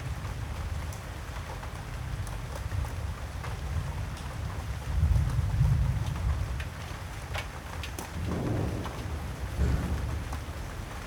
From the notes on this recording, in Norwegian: lyder av vann i flere stadier